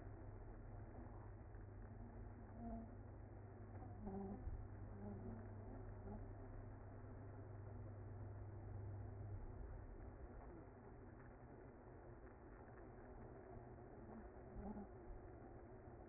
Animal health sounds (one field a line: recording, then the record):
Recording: honeybee colony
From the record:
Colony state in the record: active